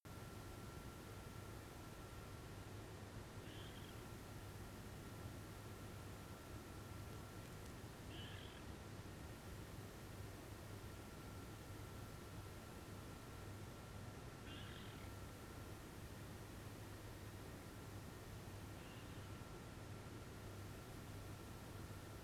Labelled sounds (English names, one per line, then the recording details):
Water Rail
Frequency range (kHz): Water Rail 1.4-4.2 kHz
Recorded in France